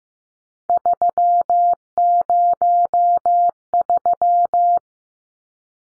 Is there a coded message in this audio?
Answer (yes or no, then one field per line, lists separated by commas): yes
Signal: Morse code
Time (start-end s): 0.7-4.8 s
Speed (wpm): 15 wpm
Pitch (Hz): 700 Hz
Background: none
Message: 303